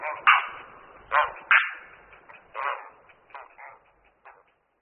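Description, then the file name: Grey heron harsh calls: several rasping squawks, loud at first then trailing off into fainter, shorter croaks. "Volavka-popelavá"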